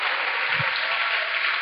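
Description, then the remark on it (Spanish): An audience applauds for the Lord, a dense, steady wash of many hands clapping at once, holding an even loudness throughout without any voices on top. “Amén, démosle un aplauso, ya que quieren hacerlo con todo el corazón al Señor.”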